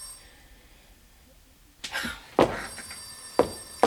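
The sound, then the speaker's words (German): A telephone rings with bright, sustained high bell tones after a quiet start, mixed with several loud, harsh bursts that sound like coughing. “Ich gehe nicht mehr ans Telefon.”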